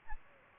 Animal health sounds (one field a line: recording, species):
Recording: mosquito wingbeat signal from an infrared sensor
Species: Aedes albopictus